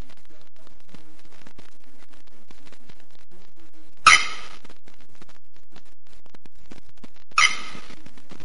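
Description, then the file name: Bearded bellbird song: two sudden metallic clanging notes about three seconds apart over faint scratching and clicking background noise. "Canto da araponga do nordeste"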